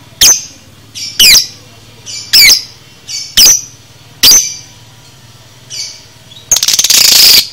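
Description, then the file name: Lovebird giving loud, shrill chirps about once a second, followed by a rapid rattling burst of high notes. Lovebird paud masteran recording, for training cage birds. "masteran lovebird paud"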